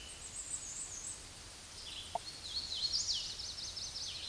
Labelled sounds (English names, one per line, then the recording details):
Hooded Warbler song
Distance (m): 35 m
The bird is about level with the microphone
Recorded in a Pennsylvania forest on 16 May 2024 at 08:08
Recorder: AudioMoth, point MSD-2208
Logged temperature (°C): 15.2 °C
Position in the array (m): 183 m, 81 m